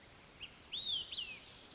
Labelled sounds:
Olive-sided Flycatcher (Contopus cooperi)
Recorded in Sonoma County, California

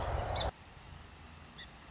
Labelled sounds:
Song Sparrow (Melospiza melodia)
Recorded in Sonoma County, California

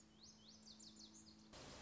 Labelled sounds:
Lazuli Bunting (Passerina amoena)
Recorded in Sonoma County, California

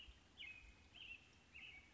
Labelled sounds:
American Robin (Turdus migratorius)
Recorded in Sonoma County, California

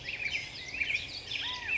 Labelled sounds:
Black-headed Grosbeak (Pheucticus melanocephalus)
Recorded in Sonoma County, California

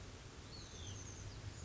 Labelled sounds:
Hutton's Vireo (Vireo huttoni)
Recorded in Sonoma County, California

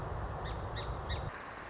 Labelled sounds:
Song Sparrow (Melospiza melodia)
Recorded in Sonoma County, California

